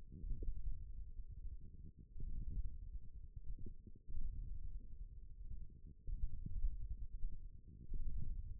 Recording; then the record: forearm muscle sounds (acoustic myography)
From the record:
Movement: wrist extension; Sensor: system 1, eight BSWA MPA416 microphones around the upper forearm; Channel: 1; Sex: female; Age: 21 years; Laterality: right